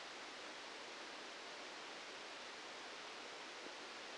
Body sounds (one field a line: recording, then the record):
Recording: brain microelectrode recording played as sound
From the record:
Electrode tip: outside the subthalamic nucleus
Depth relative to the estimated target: -8 mm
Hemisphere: left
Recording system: NeuroSet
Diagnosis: Parkinson's disease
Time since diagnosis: 13 years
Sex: male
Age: 65 years